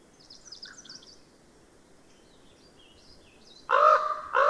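Bird song: soft, high twittering phrases at first, then two loud harsh caws close together at the end.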